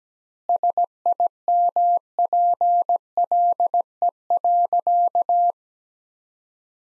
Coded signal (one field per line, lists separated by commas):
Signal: Morse code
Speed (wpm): 17 wpm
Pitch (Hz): 700 Hz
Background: none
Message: SIMPLE.